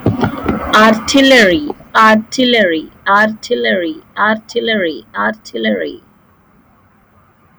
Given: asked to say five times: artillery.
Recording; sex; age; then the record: repeated word; female; 20 to 29 years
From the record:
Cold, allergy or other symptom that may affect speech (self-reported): yes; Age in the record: 29 years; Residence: Texas, United States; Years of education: 25